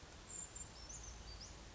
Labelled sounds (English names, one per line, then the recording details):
Brown Creeper
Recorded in Sonoma County, California